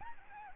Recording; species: mosquito wingbeat signal from an infrared sensor; Aedes albopictus